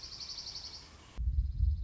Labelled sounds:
Dark-eyed Junco
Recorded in Sonoma County, California

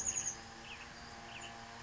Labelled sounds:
Chestnut-backed Chickadee
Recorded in Sonoma County, California

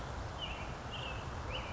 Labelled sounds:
Western Tanager
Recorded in Sonoma County, California

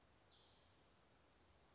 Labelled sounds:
California Towhee
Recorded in Sonoma County, California

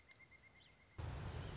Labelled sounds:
Pileated Woodpecker
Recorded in Sonoma County, California

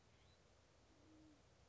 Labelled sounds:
Band-tailed Pigeon
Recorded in Sonoma County, California

